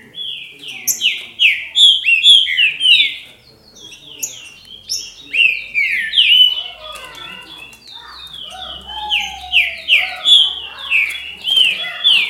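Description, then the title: Green-winged saltator singing a fast run of clear, downslurred whistles, phrase after phrase, with a brief lull after the first few seconds before resuming. "Trinca Ferro"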